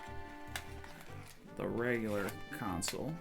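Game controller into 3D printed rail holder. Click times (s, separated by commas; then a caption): 0.6 s. A handheld game controller is slid onto the rail of a 3D printed plastic holder and seats with a small click at 0.6 s, giving a slight lock in the right spot. A fainter tick follows at 0.8 s, then someone talks over background music.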